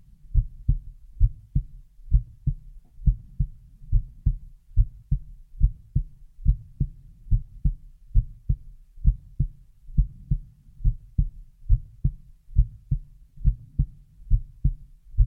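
Steady, muffled low thumps in a lub-dub pattern at about 70 beats a minute, with no other sounds present. This is an ordinary, regular heartbeat.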